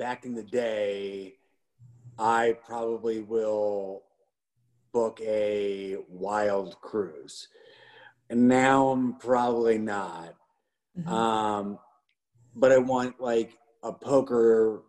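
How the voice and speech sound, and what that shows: Adult male speaker with aphasia following a stroke about two years ago. Speech is halting, with frequent long pauses between short phrases, drawn-out word endings and a hesitant filler.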